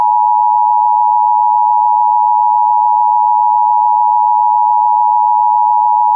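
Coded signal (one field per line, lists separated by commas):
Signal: Emergency Alert System (SAME) tones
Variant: 853 and 960 Hz attention tone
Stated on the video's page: Fictional EAS scenario.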